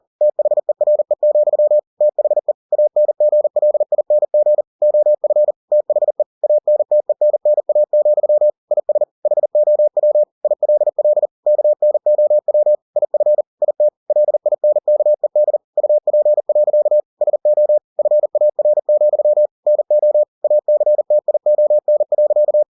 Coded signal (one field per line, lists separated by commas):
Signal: Morse code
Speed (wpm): 40 wpm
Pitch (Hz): 600 Hz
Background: none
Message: THERE, THE ANGLING OF THE ANTENNA, IS HOW ILL KNOW IF IT LINKED UP. SO FAR, NO ACTION.